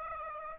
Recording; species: mosquito wingbeat signal from an infrared sensor; Aedes aegypti